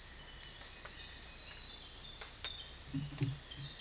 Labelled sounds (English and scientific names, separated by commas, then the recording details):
none
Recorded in dense forest near Puerto Asís, Putumayo, Colombia, on 21 December 2024 at 04:00
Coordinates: 0.484, -76.317
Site G026